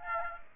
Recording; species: mosquito wingbeat signal from an infrared sensor; Aedes aegypti